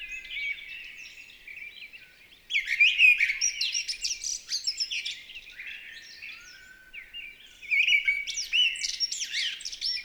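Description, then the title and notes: Mistle thrush song: two loud phrases of fluty, slurred whistles mixed with scratchy notes, separated by a quieter spell of softer warbling, no other sounds. In full fervent song on 28 March 2020 at Val Maravel, in stereo on a Nagra LB with an MKH40 microphone, during a period without aircraft noise. "UNE DRAINE ENCHANTEE. 28 mars 2020-Val Maravel. la belle Grive draine (Turdus viscivorus) dans toute sa ferveur vocale"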